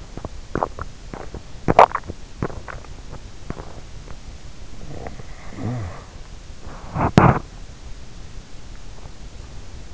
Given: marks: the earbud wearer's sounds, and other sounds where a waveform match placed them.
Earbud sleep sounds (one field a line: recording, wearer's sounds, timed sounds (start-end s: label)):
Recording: sounds in sleep by an in-ear microphone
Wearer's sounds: teeth grinding, snoring breath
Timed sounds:
0.00-4.24 s: teeth grinding
4.50-6.38 s: snoring breath
6.38-7.80 s: teeth grinding